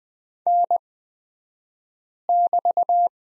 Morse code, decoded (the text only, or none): N<BT>